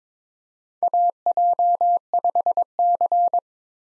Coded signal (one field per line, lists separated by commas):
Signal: Morse code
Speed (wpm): 22 wpm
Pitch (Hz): 700 Hz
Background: none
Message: AJ5C